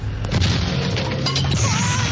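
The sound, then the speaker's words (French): A door is forced open with a few heavy, booming thuds and cracking impacts, loud and dense over a steady low rumble, with no voices. “Poussez-vous, j'enfonce la porte.”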